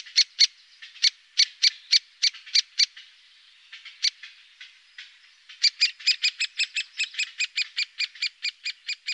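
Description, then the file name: Great spotted woodpecker calling in sharp, clipped notes: a loose series, a brief lull, then a quicker, more even run of calls. "Storre hackspett"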